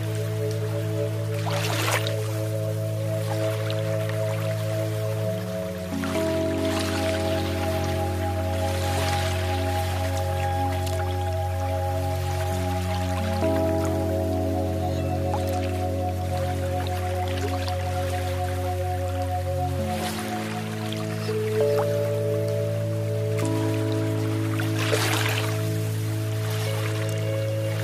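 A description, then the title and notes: Calm meditation music built on long, held low tones that shift to new chords around six, fourteen and twenty seconds, forming a steady drone. Soft, brief watery splashes and drips surface every few seconds over a faint hiss, like gentle lapping water. Calming Meditation Music and Peaceful Lake Waves.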